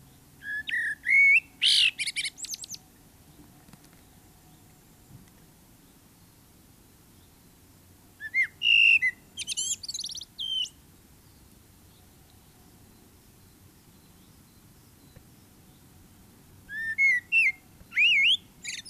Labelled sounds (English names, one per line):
Common Blackbird song